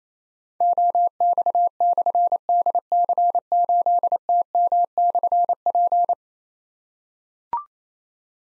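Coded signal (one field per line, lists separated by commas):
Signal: Morse code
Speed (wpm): 28 wpm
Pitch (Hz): 700 Hz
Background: none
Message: OX/DC8TM/P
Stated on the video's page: Morse code practice drill of difficult call signs containing slashes, each sent at 28 wpm, then spoken, then sent again.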